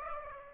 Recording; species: mosquito wingbeat signal from an infrared sensor; Aedes aegypti